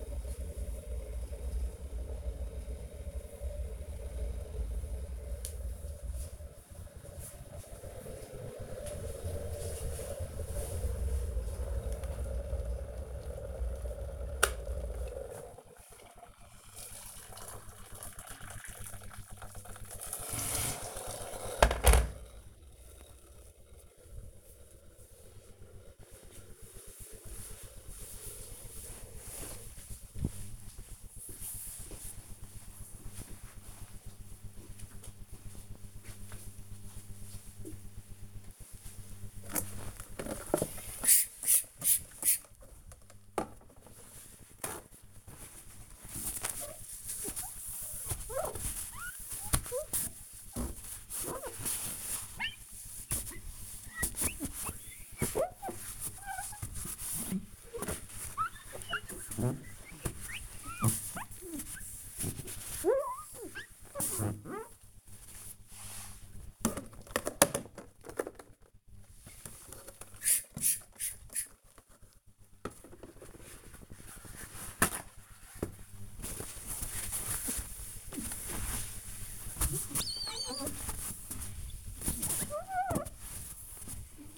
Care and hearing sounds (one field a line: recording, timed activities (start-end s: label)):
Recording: household activities, microphone on the right wrist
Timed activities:
0.00-21.54 s: making tea
37.62-84.38 s: window cleaning